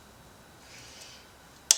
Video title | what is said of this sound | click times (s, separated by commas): Fuel Filter Replacement, 2007 Mercedes E320 Bluetec, Part 2 | And there you go. You heard the click or clicker. | 1.7 s